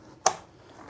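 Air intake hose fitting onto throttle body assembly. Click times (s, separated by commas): 0.3 s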